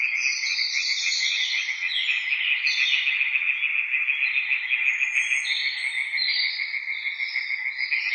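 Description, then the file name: European tree frogs chorusing, harsh pulsed croaks from several animals overlapping in an unbroken, busy wall of rasping sound. Several tree frogs recorded at Witteveen, Netherlands. "Boomkikkers bij Witteveen - Sound Cloud - luc de bruijn"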